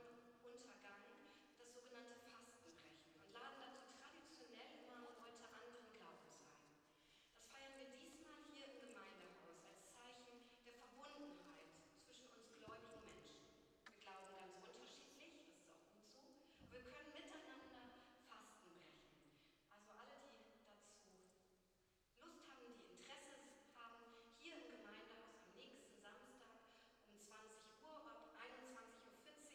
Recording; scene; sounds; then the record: everyday scene through a hearing-aid microphone; reverberant space; speech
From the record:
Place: church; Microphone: in the ear canal, right